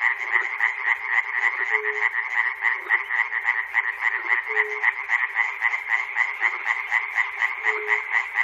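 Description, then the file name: Massed frog croaks in a busy, rattling chorus, punctuated roughly every three seconds by a brief low note. Frogs recorded at Chernobyl. "peter cusack-chernobyl frogs"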